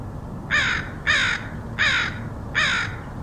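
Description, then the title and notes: Crow giving four coarse, hoarse caws at a steady pace, with faint low-pitched background noise throughout. Crows recorded in Portland, Oregon, in August 2003. "Crows of Portland. Crows recorded by Dan Bodah in Portland, OR, August 2003"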